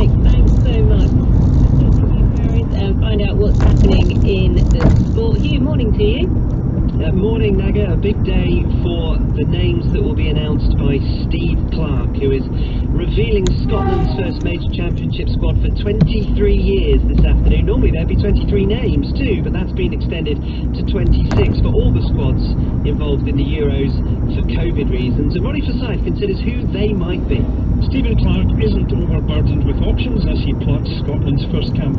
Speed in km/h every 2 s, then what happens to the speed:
23, 29, 31, 31, 31, 31, 23, 24, 31, 27, 31, 32, 29, 31, 32, 34.
0-3 speeds up to 31. 3-14 steady at about 31. 14-16 speeds up to 31. 16-26 steady at about 31.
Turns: none.